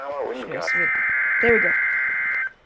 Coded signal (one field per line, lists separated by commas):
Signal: Emergency Alert System (SAME) tones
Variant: header bursts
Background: speech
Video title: Severe Thunderstorm Watch (EAS #14)